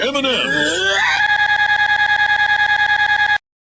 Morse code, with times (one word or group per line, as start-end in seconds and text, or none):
none